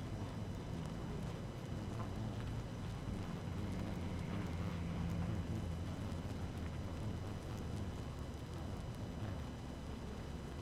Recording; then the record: honeybee colony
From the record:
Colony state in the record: active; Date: 12 June 2018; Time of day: 6:34